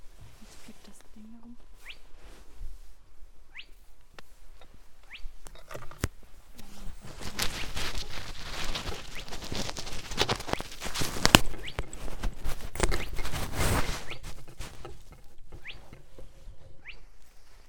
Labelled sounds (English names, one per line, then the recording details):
Spotted Crake song
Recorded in the wild
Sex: male
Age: adult
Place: Schwedt/Oder, Nationalpark Unteres Odertal, Brandenburg, DE
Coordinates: 53.1525, 14.3603
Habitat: wetland
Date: 2015-04-21 21:55
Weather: 7°C, 80% humidity, almost windless
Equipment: Edirol R44, Microtech Gefell MK 250/MV220
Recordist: Freitag, Annika and Frommolt, Karl-Heinz
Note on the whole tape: Polder 10: calibrated recording of a spotted crake. Distance 25.07 m estimated using a line array (recording